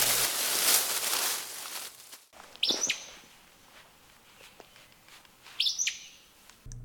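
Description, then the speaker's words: Acadian flycatcher giving two sharp, explosive high calls about three seconds apart, each a quick downward-sweeping burst, after a loud rustle at the start. Heard at a breeding site after about 45 minutes hiking through forest, muddy swamps and thick brush; bird unseen, something took off quickly; described as one of Canada's rarest birds. "there it is, the call of the Acadian flycatcher."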